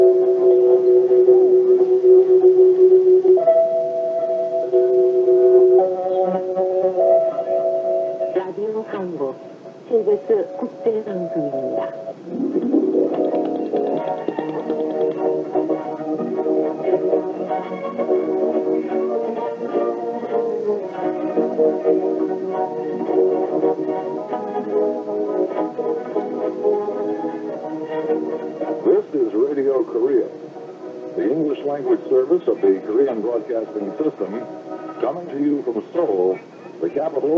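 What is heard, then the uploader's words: A radio interval signal opens with a few clear, sustained tones stepping between pitches over the first eight seconds. After a brief swooping sound near ten seconds, a busier, speech-like passage follows, thin and mid-pitched, with no deep bass, running steadily to the end. Radio Korea (Interval Signal): Circa 1983. Broadcaster: Radio Korea, Seoul. Frequency: 15.575 MHz. Reception location: Brantford, Ontario, Canada.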